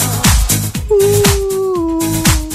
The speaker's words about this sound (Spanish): ¿Qué es eso? Que es un lobo. Así hace.